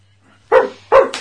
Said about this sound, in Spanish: Ladró muy fuerte.